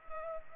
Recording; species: mosquito wingbeat signal from an infrared sensor; Culex pipiens